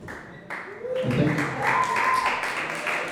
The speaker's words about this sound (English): And it is a privilege to play for you, everybody. Let's have a round of applause for the DJ tonight,